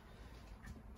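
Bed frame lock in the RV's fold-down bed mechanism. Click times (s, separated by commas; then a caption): 0.6 s. The bed frame lock in the fold-down bed mechanism of a 2021 Rockwood Mini Lite 2104S RV clicks at 0.7 s as the bed is lowered by pulling its strap until the lock engages. A short, sharp click rises above a steady low hum, and the bed is locked into place.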